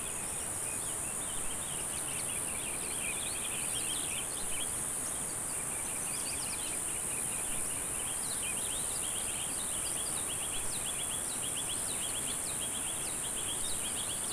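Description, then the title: High cicada buzzing holds level from start to finish as birds give a long series of quick chirps and twittering notes beneath it. "neoscenes: cicadas"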